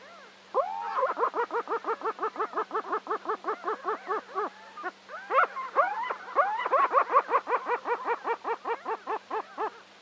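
Hohotunja calls: a long, fast series of short, clipped laughing notes, briefly broken midway, with a faint hum underneath.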